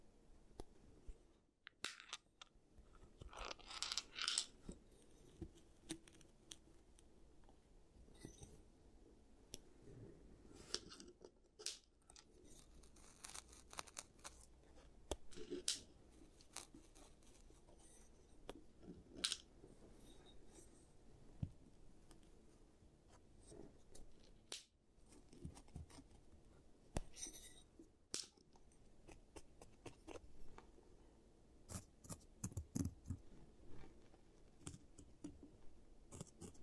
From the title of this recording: ASMR Giant Teeth Treatment, Fixing Your Cavities